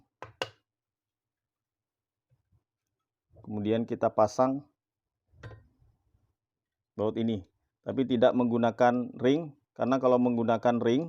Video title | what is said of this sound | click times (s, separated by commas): Trimmer kayu Braxter / Paket komplit dengan Variable speed, Soft start dgn 3 base | Sampai bunyi klik kemudian | 0.2 s, 0.4 s